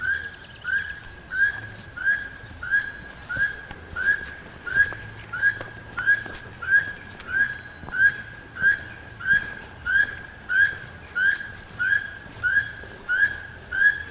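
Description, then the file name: Keel-billed toucan giving a long, even series of creaky, frog-like notes, roughly one every 0.65 seconds. "Keel billed Toucan Ramphastos sulfuratus"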